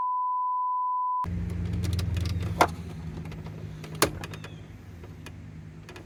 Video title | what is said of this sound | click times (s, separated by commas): WATCH THIS if Your Headlights Flash! 2000 Jeep Cherokee Headlight Switch Replacement | So if you heard that, there was a little click there, and now we're locked in. It wasn't locked in before, but there was a little click. | 4.0 s